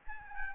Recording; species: mosquito wingbeat signal from an infrared sensor; Aedes albopictus